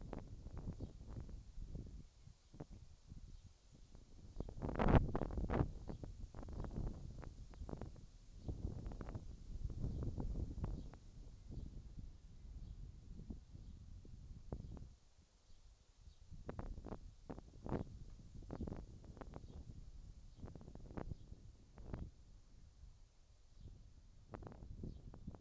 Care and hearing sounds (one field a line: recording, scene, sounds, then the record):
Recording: everyday scene through a hearing-aid microphone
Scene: wind on the microphone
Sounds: wind, whistling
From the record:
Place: in front of a rural house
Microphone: in the ear canal, left